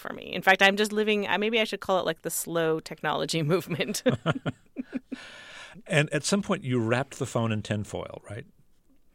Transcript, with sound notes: In fact, I'm just living - maybe I should call it like the slow technology movement.
(LAUGHTER)
And at some point you wrap the phone in tinfoil, right?